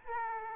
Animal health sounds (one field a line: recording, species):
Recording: mosquito wingbeat signal from an infrared sensor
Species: Aedes aegypti